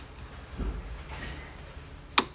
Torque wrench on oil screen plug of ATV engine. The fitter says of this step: now you're gonna torque on it until it clicks like